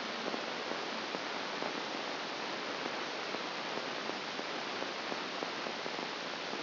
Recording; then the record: brain microelectrode recording played as sound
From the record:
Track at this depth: outside the subthalamic nucleus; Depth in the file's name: 0.444 mm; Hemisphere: left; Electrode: 2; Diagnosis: Parkinson's disease